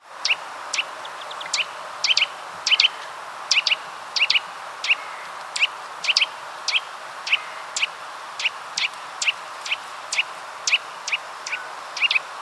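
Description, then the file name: Eurasian nuthatch calls: sharp, high, clipped notes, often in quick pairs, repeated steadily throughout over soft background hiss. "Sitta europaea"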